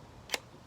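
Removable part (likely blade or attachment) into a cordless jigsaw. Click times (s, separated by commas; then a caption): 0.3 s. A removable part is pushed forward into a Mikita 12 V cordless jigsaw until it locks into place. A single sharp click sounds at 0.3 s against quiet background noise, and the part is seated.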